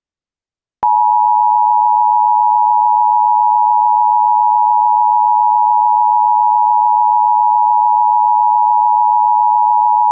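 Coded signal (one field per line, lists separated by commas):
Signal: Emergency Alert System (SAME) tones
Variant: 853 and 960 Hz attention tone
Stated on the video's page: Simulated winter weather EAS alert for an ice storm in Eastern Oklahoma, using valid EAS tones.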